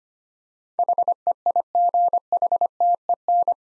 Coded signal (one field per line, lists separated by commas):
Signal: Morse code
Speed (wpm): 25 wpm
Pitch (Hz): 700 Hz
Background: none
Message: HEIGHTEN